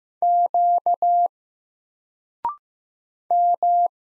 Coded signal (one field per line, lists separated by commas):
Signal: Morse code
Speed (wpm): 15 wpm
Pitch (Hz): 700 Hz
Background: none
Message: Q M